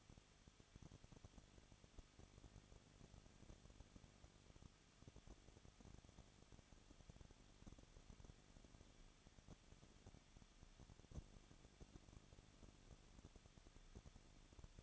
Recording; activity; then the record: daily activity, microphone in the room; no activity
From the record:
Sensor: 4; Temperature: 23.0 degrees Celsius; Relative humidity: 34.6%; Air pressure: 1007.3 hPa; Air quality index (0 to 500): 216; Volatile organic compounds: 15 ppm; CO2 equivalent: 2502 ppm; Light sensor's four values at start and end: 2/3/1/1 and 2/3/1/1